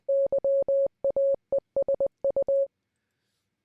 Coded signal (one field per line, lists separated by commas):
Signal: Morse code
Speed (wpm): 20 wpm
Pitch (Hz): 550 Hz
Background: none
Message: YAESU